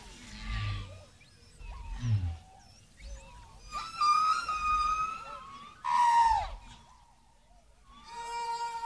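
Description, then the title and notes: Whale sounds: long drawn-out tonal moans, one sliding downward, mixed with brief low grunts and quieter gaps between cries. Whale greetings sent on the Voyager I and II spacecraft, following the UN greetings. "Whale Greetings. Sonidos a bordo de las naves Voyager I y II"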